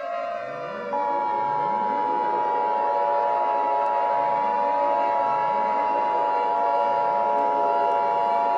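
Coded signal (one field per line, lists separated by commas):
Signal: Emergency Alert System (SAME) tones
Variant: 853 and 960 Hz attention tone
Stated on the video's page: Fictional EAS scenario, a simulated alert.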